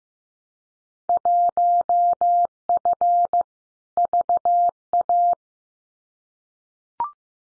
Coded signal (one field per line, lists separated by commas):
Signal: Morse code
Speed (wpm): 15 wpm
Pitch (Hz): 700 Hz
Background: none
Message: 1F VA